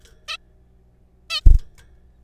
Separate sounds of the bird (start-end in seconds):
0.28-0.37, 1.30-1.41